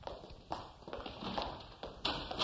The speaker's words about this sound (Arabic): عليك أن تصف شخصية الطارق من طريقة نقره على الباب.